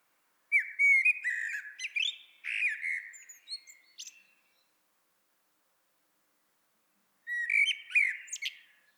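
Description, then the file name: Eurasian blackbird: a long fluted, warbling phrase with scratchy high flourishes, a silent gap of about three seconds, then the next phrase. "Turdus merula"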